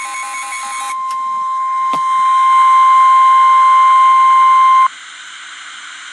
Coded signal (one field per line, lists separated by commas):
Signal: Emergency Alert System (SAME) tones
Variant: 1050 Hz attention tone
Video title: REAL EAS 893-Special marine warning